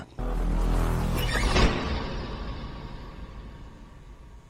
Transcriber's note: door shuts